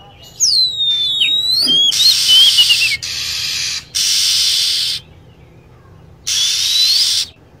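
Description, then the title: Lovebird calls: whistled notes sliding down from high pitch, then bursts of harsh hissing about a second long, separated by short gaps. Lure recording used to attract lovebirds. "PIKAT BURUNG LOVEBIRD"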